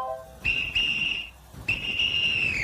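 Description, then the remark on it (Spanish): A home fire alarm, set off in a bedroom during a family fire-escape drill, sounds two long, shrill, high-pitched tones, each lasting nearly a second with a short gap between, the second tone sagging slightly in pitch at its end; no one speaks. “Ahora ve a tu cuarto y suena la alarma.”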